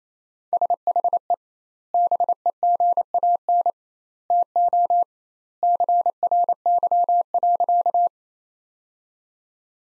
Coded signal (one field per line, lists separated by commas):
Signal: Morse code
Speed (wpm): 27 wpm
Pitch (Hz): 700 Hz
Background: none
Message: SHE BEGAN TO CRY.